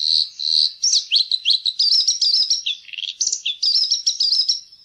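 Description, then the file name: Bluethroat song: a rich, varied high-pitched medley of whistles, buzzy notes and quick twittered phrases, some repeated in short bursts. "blaastrupe"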